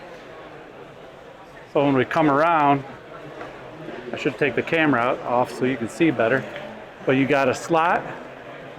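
A man talks while handling paracord near the slot in the base of a plastic trail camera mount. The cord is not yet pulled tight and popped through, and nothing has snapped or seated yet. Low background noise sits under the speech.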